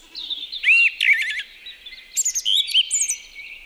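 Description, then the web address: Song thrush song: bright, varied whistled phrases, some notes repeated in quick bursts, with short pauses between phrases. "liigid plaat laulurastas"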